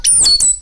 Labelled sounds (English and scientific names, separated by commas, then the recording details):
Stitchbird (Notiomystis cincta) song
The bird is a male
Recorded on Tiritiri Matangi Island, New Zealand, in 2005
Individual 10, of nest box 12